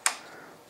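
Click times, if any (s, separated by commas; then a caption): 0.1 s. On an AG-42B Ljungman semi-automatic rifle, the steel bolt cover is pushed all the way forward until it snaps and locks onto the bolt so the bolt can be pulled back. A single sharp, bright snap sounds at 0.1 s and rings out briefly. The cover is latched onto the bolt.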